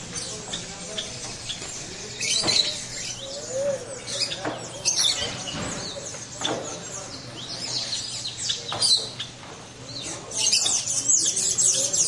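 A flock of finches calling, quick high-pitched chirps and twittering in overlapping bursts, louder near the end, over a soft background hum.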